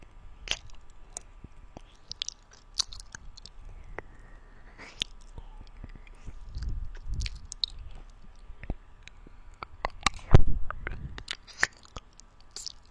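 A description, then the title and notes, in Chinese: Mouth sounds and tongue clicks, with sharp, bright pops scattered irregularly throughout. Wetter, lower smacking swells in around six to eight seconds and again near ten, where one especially loud click stands out. A faint steady hum sits underneath. 口腔音，弹舌。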